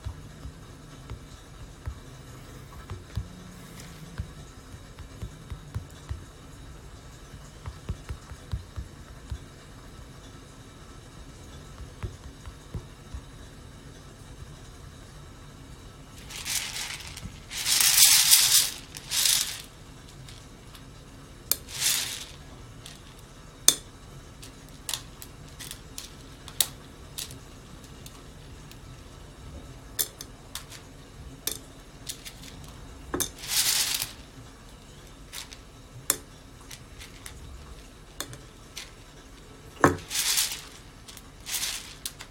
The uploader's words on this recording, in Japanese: 今朝は”キリマンジャロブレンド”生豆を焙煎。